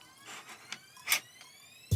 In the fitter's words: There you can hear it lock in. So, now it's not coming out.